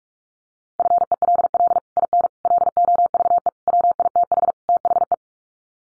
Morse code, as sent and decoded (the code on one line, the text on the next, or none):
..-. . .-.. .-.. / .. -. / .-.. --- ...- . / .-- .. - .... / - .... .
FELL IN LOVE WITH THE